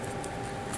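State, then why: Not seated. A plastic replacement chest wing piece is handled against the torso of a 1/144 HG Gundam Exia Dark Matter plastic model kit, with steady low handling noise and one brief faint tick at 0.2 s. Nothing has seated or clicked yet; the clip ends before the piece snaps into place.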